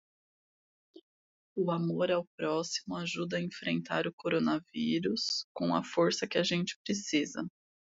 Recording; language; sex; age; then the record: spoken sentence; Brazilian Portuguese; female; 30 to 39 years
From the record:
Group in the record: control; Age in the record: 36 years